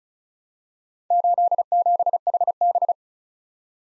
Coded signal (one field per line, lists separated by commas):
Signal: Morse code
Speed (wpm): 36 wpm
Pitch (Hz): 700 Hz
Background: none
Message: 87HB